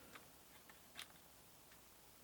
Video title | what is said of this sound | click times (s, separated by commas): How to adapt Canon lens to Sony NEX F3 | turn it till it clicks alright so that's | 1.0 s